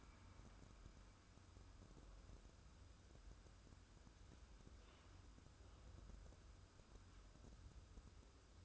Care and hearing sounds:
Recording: daily activity, microphone in the room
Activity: wipe stove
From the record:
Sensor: 2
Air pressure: 1014.9 hPa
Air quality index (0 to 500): 52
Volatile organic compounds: 1 ppm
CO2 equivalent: 645 ppm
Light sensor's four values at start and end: 13/35/14/15 and 13/35/14/15

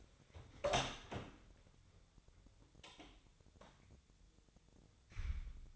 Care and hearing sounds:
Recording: daily activity, microphone in the room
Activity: open door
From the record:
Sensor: 3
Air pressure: 1007.5 hPa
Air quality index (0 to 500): 195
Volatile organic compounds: 15 ppm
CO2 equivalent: 2502 ppm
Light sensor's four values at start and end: 12/29/12/12 and 12/29/12/12

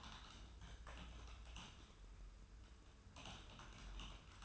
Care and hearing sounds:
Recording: daily activity, microphone in the room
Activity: typing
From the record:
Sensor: 2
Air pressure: 994.3 hPa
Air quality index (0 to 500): 210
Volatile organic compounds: 1000 ppm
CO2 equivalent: 6917 ppm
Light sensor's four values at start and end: 54/125/53/55 and 54/125/53/55

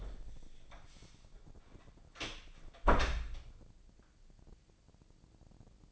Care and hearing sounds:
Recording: daily activity, microphone in the room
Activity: close door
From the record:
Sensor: 5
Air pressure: 1012.4 hPa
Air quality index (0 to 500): 158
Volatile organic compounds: 2 ppm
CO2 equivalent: 1080 ppm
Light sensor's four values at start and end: 255/619/261/287 and 250/606/255/281

